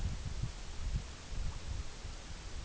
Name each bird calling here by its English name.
none